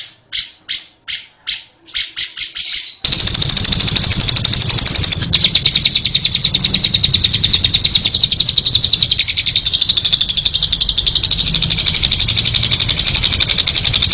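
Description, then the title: Lovebird chatter, a few separate sharp squeaks at first, then a dense unbroken run of very rapid high buzzing notes. "Suara Burung Lovbred"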